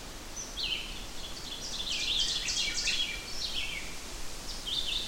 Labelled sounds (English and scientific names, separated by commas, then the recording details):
Ovenbird (Seiurus aurocapilla) song
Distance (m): 35 m
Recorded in boreal forest in Alberta, Canada, on 14 June 2016 at 07:58
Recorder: SongMeter 3, array SBT-3-33
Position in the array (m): 160 m, 187 m
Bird 46